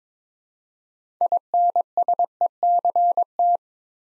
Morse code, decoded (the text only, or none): INSECT